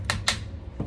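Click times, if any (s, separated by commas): 0.1 s, 0.3 s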